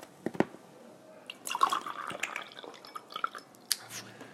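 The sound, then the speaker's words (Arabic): Irregular water drips and small splashes, a scatter of sharp wet plinks with a brief gurgling pour in the middle, fairly quiet overall with no talking. “هنا يوجد ماء، تمام.”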